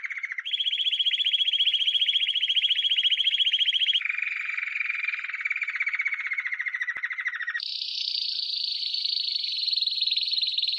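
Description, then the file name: Canary song in tours: a short low trill, a higher sustained roll, a lower gently falling roll, then a high trill to finish, each note rapidly repeated. "Canary Voice"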